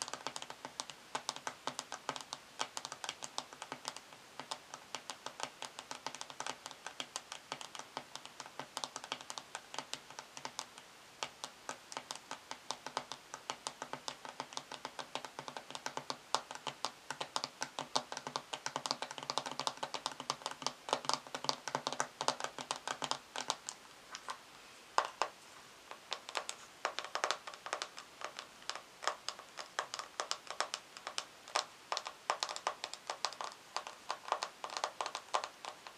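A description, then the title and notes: Quick, dense fingertip tapping on products, crisp, with a low hum that fades near 24 seconds before sparser tapping continues. In this episode I will be "unboxing" my beauty bag and tapping on each product.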